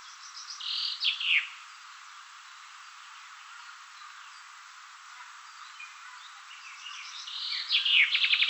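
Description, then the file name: Common chaffinch song heard twice: a phrase ending in a flourish early on, then after a quiet gap a fresh trill of rapid repeated notes building up. "Fringilla coelebs"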